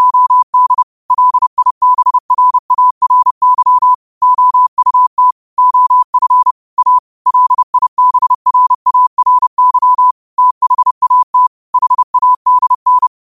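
Morse code sent at a brisk pace: a single clean, mid-pitched tone keyed on and off in short dots and longer dashes. The beeps run steadily for the whole clip, with brief gaps between letters and dead silence behind them.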